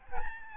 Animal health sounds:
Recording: mosquito wingbeat signal from an infrared sensor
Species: Aedes albopictus

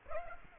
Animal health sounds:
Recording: mosquito wingbeat signal from an infrared sensor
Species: Aedes aegypti

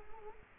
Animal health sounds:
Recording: mosquito wingbeat signal from an infrared sensor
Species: Culex quinquefasciatus

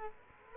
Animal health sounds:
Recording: mosquito wingbeat signal from an infrared sensor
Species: Culex quinquefasciatus

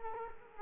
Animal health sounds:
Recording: mosquito wingbeat signal from an infrared sensor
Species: Culex quinquefasciatus

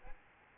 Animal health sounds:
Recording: mosquito wingbeat signal from an infrared sensor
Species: Aedes albopictus

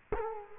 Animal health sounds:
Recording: mosquito wingbeat signal from an infrared sensor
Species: Culex quinquefasciatus

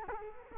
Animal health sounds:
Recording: mosquito wingbeat signal from an infrared sensor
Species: Culex quinquefasciatus

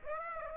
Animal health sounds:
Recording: mosquito wingbeat signal from an infrared sensor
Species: Aedes aegypti

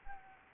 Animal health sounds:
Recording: mosquito wingbeat signal from an infrared sensor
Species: Anopheles arabiensis

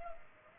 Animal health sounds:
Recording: mosquito wingbeat signal from an infrared sensor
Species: Culex pipiens

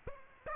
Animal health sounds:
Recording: mosquito wingbeat signal from an infrared sensor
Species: Aedes aegypti

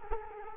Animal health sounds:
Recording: mosquito wingbeat signal from an infrared sensor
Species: Culex quinquefasciatus

